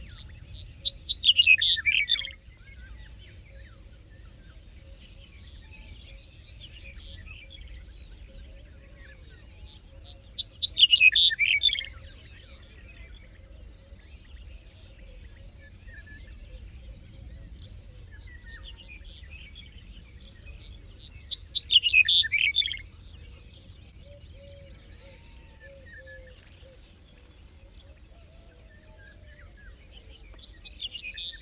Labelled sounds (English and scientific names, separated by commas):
Black-headed Bunting (Emberiza melanocephala) song